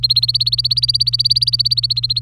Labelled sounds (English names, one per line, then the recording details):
Domestic Canary song
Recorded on 27 April 2018 at 16:27
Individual llb3